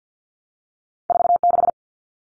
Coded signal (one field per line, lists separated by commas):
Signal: Morse code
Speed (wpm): 50 wpm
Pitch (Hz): 700 Hz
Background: none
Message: 46